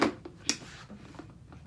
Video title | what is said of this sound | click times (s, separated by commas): BISSELL POWERFORCE REVIEW - Powerbrush Pet Carpet Cleaner | If you did you hear that? Click. Boom. | 0.5 s